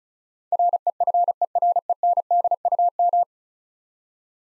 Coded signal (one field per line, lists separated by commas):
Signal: Morse code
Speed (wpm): 36 wpm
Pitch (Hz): 700 Hz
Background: none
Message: REFERENDUM